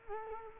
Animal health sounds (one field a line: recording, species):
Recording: mosquito wingbeat signal from an infrared sensor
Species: Culex quinquefasciatus